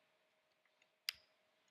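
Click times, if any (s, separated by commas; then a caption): 1.1 s. An RJ45 ethernet cable plug is pushed into a laptop's ethernet port, with a couple of faint ticks before a single sharp click at 1.1 s. The plug seats in the port, and a low steady hum continues underneath.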